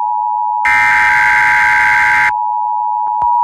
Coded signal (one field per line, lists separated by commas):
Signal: Emergency Alert System (SAME) tones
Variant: header bursts